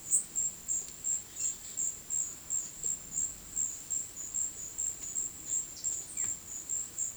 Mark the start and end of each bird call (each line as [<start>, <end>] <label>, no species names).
[0.04, 0.25] bird call
[1.14, 1.90] bird call
[5.74, 6.37] bird call